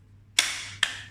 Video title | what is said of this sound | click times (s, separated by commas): Unbox/Review: XYL ARP9 Gel Blaster | it does click in place pretty steadily | 0.4 s, 0.8 s